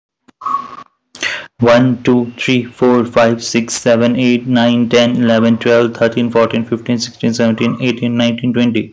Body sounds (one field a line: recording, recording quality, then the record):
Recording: counting at a fast pace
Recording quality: moderate, slight background noise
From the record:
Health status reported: healthy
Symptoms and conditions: none ticked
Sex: male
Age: 27 years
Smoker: not ticked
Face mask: not worn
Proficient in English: yes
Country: India